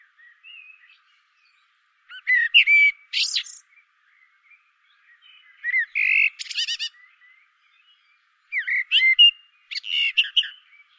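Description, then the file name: Common blackbird song: three fluty warbled phrases a few seconds apart, each capped by thin, squeaky high twittering. "Turdus merula"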